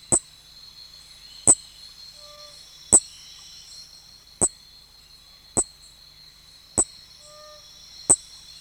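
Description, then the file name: Nesobia mjobergi: an unbroken high shimmer, with loud snapping clicks about every second and a half, seven in total. "Nesobia mjobergi"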